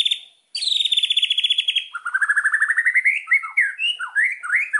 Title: PANCINGAN MEWAH MURAI BATU GACORSEKALI DENGAR AMPUH LANGSUNG RESPON